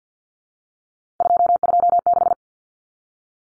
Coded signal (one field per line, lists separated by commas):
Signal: Morse code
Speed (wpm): 50 wpm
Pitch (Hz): 700 Hz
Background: none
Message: 226